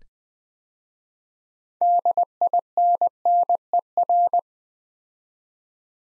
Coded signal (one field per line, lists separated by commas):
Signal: Morse code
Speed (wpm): 20 wpm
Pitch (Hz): 700 Hz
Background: none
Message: DINNER